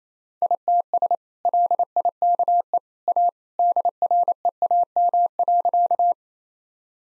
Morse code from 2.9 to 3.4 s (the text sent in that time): A